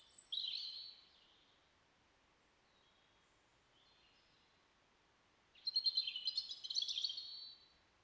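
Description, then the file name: European robin song: a brief high warble, a quiet gap with faint thin notes, then a longer rapid phrase of high, jumbled trills and twitters. "Erithacus rubecula"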